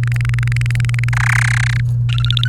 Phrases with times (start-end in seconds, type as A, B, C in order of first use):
0.03-1.09 A, 1.13-1.80 B, 2.09-2.49 C